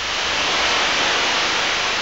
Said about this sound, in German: Ich war so vertieft, dass ich den Schwall Wasser nicht kommen hörte.